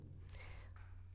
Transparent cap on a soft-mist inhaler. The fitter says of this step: open the transparent cap until it snaps fully open